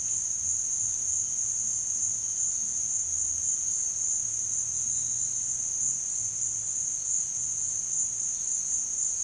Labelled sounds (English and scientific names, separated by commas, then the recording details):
none
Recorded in dense forest near Puerto Asís, Putumayo, Colombia, on 8 March 2025 at 17:00
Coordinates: 0.484, -76.317
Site G064